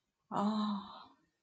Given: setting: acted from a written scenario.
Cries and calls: vocal sound without words; desire

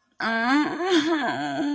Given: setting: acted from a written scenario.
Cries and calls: vocal sound without words; sadness

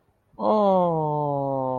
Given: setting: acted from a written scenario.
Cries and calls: vocal sound without words; adoration

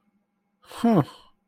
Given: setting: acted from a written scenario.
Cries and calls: vocal sound without words; interest

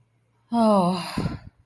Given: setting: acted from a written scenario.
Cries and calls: vocal sound without words; guilt

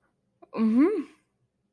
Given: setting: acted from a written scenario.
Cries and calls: vocal sound without words; relief

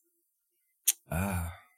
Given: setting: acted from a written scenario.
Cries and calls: vocal sound without words; serenity

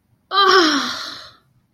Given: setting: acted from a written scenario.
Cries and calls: vocal sound without words; pain

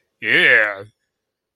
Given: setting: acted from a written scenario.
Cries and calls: vocal sound without words; disgust

